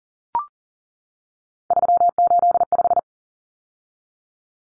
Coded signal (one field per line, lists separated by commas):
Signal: Morse code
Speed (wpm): 40 wpm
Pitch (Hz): 700 Hz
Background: none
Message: 385